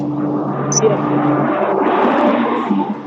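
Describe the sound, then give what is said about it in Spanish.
A truck rumbles past with a steady, low engine drone and a deep tonal hum that holds for about three seconds, joined by a brief high chirp early on. “No, pasa un camión, no te da problema.”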